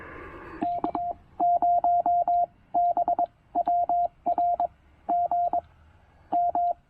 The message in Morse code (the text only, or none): K0BWR G M